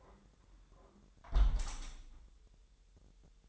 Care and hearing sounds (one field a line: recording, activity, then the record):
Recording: daily activity, microphone in the room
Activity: close window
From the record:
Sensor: 3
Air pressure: 999.8 hPa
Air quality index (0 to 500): 225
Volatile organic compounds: 94 ppm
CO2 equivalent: 3715 ppm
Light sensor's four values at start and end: 10/23/9/9 and 9/22/9/9